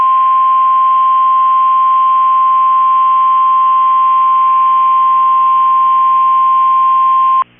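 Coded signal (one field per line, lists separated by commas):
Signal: Emergency Alert System (SAME) tones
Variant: 1050 Hz attention tone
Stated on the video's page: Real tornado warning from NOAA Weather Radio, received via online stream.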